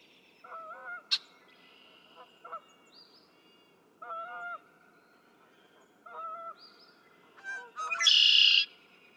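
Red-winged blackbird song: several soft, wavering whistled notes spaced throughout, then a loud buzzy trill near the end, with a sharp click early on.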